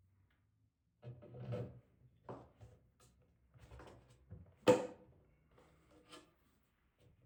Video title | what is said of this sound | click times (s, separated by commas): Bathroom Vent Fan Replacement #diy #bathroom | Takes a little bit to get it in there, but then you hear the click. | 4.7 s